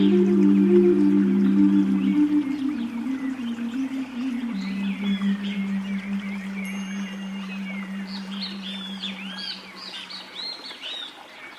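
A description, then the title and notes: Calming zen music with nature sounds: a low, steady sustained tone hums underneath, thinning out and fading over the final seconds. Light bird chirps and tweets flicker above it throughout, growing busier and more frequent in the second half. Calming Music - Nature Sounds, Zen Music.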